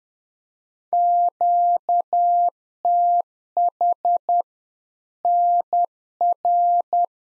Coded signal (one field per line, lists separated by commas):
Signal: Morse code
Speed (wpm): 10 wpm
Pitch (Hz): 700 Hz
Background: none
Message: QTH NR